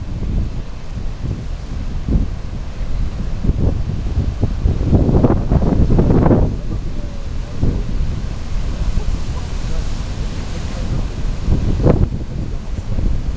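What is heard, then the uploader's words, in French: Storm wind on an exposed stretch of coast, roaring steadily and buffeting the microphone with deep, rumbling thumps. A strong gust swells from about five to six and a half seconds, and another sharp blast hits near twelve seconds. Tempête Finistère - St Guénolé.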